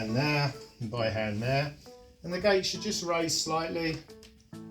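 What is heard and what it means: Someone talks while handling a Safetots extending metal baby gate, with the latch meant to go into its keeper on the wall-mounted frame. Soft music plays underneath, and a faint tap comes at 4.4 s. The clip ends before the gate drops into position, so nothing has seated or clicked yet.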